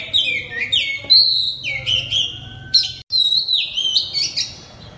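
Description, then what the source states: Oriental magpie-robin song of loud, clear whistled notes, some sliding down, others rising, in a flowing series. Oriental magpie-robin (kacer) singing loudly in ngeplong style.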